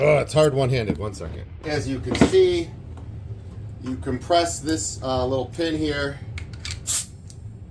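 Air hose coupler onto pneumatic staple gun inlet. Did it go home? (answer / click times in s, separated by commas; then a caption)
yes / 6.7 s. Someone talks while an air hose quick-connect coupler is pushed onto the inlet fitting of a pneumatic staple gun, with the coupler's little locking pin compressed. A few short clicks come around 6.4 to 6.7 s, and the coupler snaps on and seats at 6.7 s.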